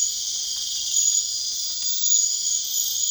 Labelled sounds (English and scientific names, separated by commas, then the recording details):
none
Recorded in pastures near Puerto Asís, Putumayo, Colombia, on 27 June 2025 at 22:30
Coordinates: 0.502, -76.324
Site G010